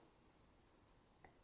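The magnetic top lid of a hand coffee grinder is pressed at the back so it tips up and pops open, with a small, quick tap at 1.2 s as the lid lifts. The lid's magnet holds it to a ridged plate, and the lid comes free.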